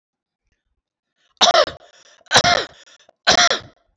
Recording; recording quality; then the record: heavy voluntary cough; excellent, no background noise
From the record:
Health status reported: healthy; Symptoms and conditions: diabetes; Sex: male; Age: 39 years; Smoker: not ticked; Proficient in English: yes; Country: India